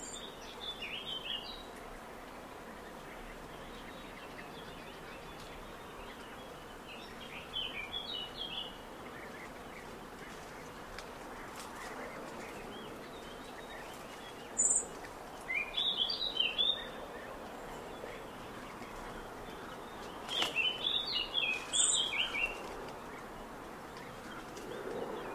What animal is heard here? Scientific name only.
Sylvia atricapilla